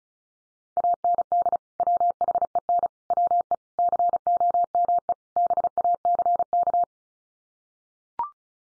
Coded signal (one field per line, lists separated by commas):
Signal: Morse code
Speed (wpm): 34 wpm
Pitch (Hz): 700 Hz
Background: none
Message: AND WHEN WE COME BACK